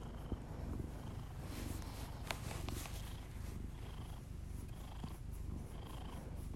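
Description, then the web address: Cat purr, a continuous low vibrating rumble with rhythmic pulses, accompanied by soft breathing sounds and occasional faint clicks. Pet cat purring, with its owner's heavy breathing. "Miss Because. Just Purrs [ASMR][Literally just my cat purring and my heavy breathing]"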